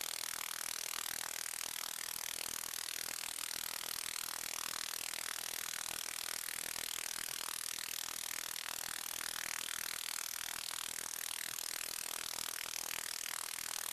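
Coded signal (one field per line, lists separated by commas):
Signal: radar signal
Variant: 29B6 Container OTH radar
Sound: continuous harsh rasping buzz of rapid pulses, roughly fifty per second, wideband hiss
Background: radio static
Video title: Russian 29B6 Container radar in ham 15 meter band, 21311 kHz, 04 November, 2024, 1500 UTC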